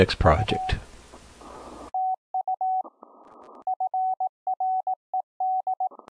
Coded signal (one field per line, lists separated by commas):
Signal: Morse code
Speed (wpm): 18 wpm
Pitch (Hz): 750 Hz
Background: speech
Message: U TU FRED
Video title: DIY SDR CW Software